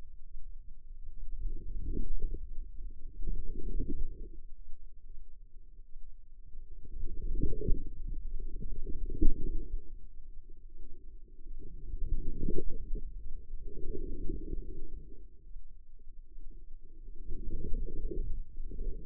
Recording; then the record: forearm muscle sounds (acoustic myography)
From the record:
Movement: outward rotation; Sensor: system 2, bracelet of six BSWA MPA416 microphones around the upper forearm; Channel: 1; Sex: female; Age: 25 years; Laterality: right